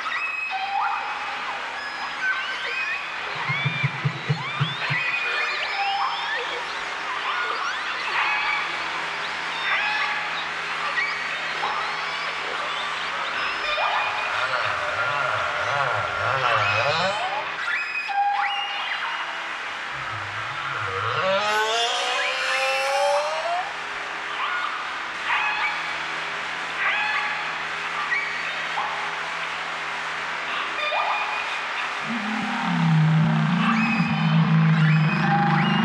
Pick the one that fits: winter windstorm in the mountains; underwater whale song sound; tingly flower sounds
underwater whale song sound